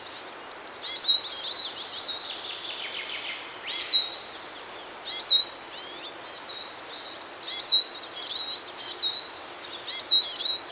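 Eurasian Siskin singing high, thin twittered phrases with a whistled upturned note, recurring every couple of seconds, with scratchy fainter twitters between and a light hiss behind.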